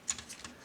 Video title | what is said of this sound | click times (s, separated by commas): 1500块的油罐威到底值不值？变形金刚NA电影3威震天NEWAGE XM 2 DUEL玩具开箱 | There's actually a button on the side here It turns around and clicks into place | 0.1 s